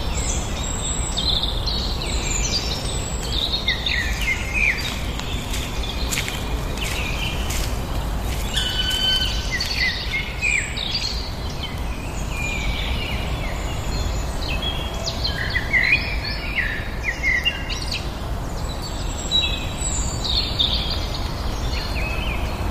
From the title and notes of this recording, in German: Morgens mit dem Hund raus. Ein Spaziergang im Wald mit Hund, begleitet von vielen Vögeln.